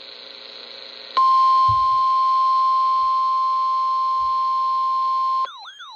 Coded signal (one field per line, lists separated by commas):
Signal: Emergency Alert System (SAME) tones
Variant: 1050 Hz attention tone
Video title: EAS Alerts From 6/18/26: A Compilation (EAS 1220-1231)